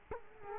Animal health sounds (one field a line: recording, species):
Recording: mosquito wingbeat signal from an infrared sensor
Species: Culex quinquefasciatus